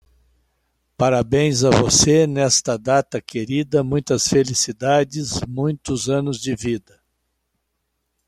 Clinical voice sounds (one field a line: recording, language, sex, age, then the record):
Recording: short text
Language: Brazilian Portuguese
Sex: male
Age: 60 to 69 years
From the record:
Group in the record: control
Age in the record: 68 years